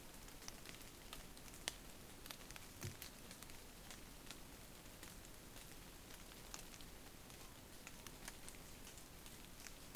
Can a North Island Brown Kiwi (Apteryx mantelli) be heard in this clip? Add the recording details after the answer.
no. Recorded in New Zealand on 20 November 2013. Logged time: 22:29. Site CH69